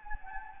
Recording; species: mosquito wingbeat signal from an infrared sensor; Anopheles gambiae